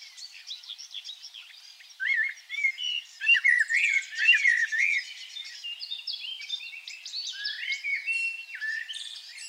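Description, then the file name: Common blackbird song: fluty warbled phrases rising and falling for several seconds, mixed with high thin twittering. "Turdus merula"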